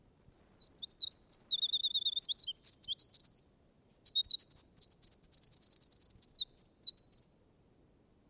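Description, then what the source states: Winter Wren singing a fast, bubbling cascade of high notes and buzzy trills for nearly eight seconds over a faint low rumble. Library recording played in an audiobook; song very strong for so small a bird, brilliant and plaintive, like a tremulous vibrating tongue of silver, gushing and lyrical.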